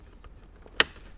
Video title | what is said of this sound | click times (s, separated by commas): Jeep Wrangler JK Sony XAV-9500ES Plug & Play Kit Installation - 2007 - 2018 Jeep Wrangler JK | and that snaps right in | 0.8 s